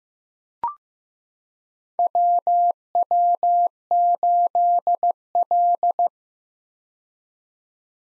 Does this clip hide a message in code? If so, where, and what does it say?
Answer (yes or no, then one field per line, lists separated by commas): yes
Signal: Morse code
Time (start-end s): 2.0-6.1 s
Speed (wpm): 15 wpm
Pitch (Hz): 700 Hz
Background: none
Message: WW8L